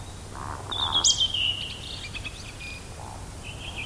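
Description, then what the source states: Eurasian woodcock roding: a few soft low grunts with a sharp high squeak and trailing thin notes, against a quiet hiss. 19 May around 23:00 on a May night in Kainuu; directional microphones set along flight path; bird flies past quite close, disappears into hill landscape.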